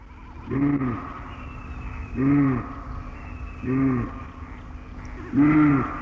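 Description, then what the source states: Moose giving deep, moaning grunts with a rising-then-falling shape, four of them spaced about one and a half seconds apart over a low background hum. Deep grunting or plaintive whining from the depths of the forest at Marjakangas; many people ask about this frightening-sounding grunt or cough.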